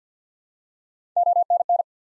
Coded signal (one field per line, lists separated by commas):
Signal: Morse code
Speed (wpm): 52 wpm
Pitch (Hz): 700 Hz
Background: none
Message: ONN